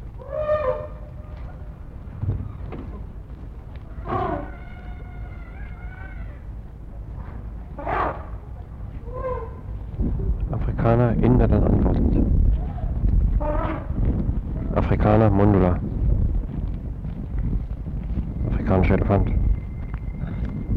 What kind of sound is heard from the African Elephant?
trumpet call